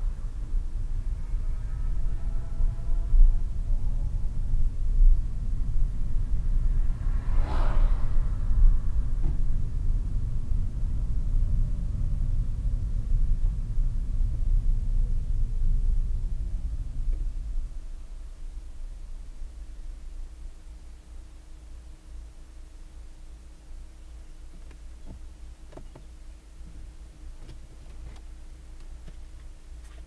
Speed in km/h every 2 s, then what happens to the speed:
17, 20, 21, 22, 23, 20, 16, 11, 0, 0, 0, 0, 0, 0, 0.
0-9 steady at about 21. 9-16 slows to 0. 16-30 standing.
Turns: none.